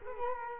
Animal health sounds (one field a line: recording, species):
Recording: mosquito wingbeat signal from an infrared sensor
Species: Culex quinquefasciatus